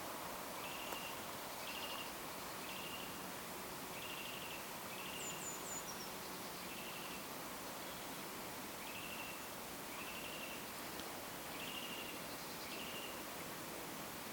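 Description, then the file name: Eurasian wren calling repeatedly, brief clicking rattles at short intervals, briefly joined by high falling whistles from another bird, over steady noise. "Troglodytes troglodytes"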